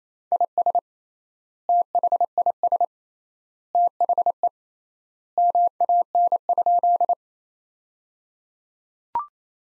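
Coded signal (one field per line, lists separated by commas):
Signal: Morse code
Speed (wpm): 28 wpm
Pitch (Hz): 700 Hz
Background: none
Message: IS THIS THE MAN?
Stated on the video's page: Morse practice sentences at 28 wpm with 3x standard word spacing, a word-based Farnsworth-like method.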